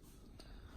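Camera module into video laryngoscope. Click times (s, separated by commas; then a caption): 0.4 s. A camera module, taken out of its case, is plugged into a video laryngoscope (an airway intubation device). A single faint click is heard at 0.4 s over quiet background noise. The camera is seated in place, which turns it on.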